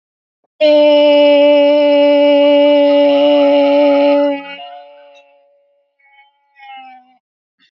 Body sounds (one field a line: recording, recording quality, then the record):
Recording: sustained vowel as in made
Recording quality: excellent, no background noise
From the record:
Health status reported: healthy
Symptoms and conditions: cough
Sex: female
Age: 30 years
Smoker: not ticked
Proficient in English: yes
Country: India